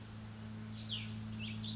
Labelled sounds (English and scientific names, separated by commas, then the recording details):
Cassin's Vireo (Vireo cassinii)
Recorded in Sonoma County, California